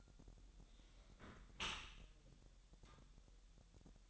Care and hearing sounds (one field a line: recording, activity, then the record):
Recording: daily activity, microphone in the room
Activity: close dishwasher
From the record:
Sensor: 3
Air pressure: 1000.5 hPa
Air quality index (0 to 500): 248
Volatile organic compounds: 174 ppm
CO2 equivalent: 4121 ppm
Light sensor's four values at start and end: 11/25/10/10 and 11/25/10/10